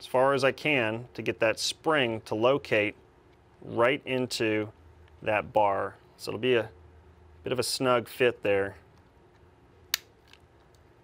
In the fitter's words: it's gonna snap right in place just like that so it's gonna be a good snug tight fit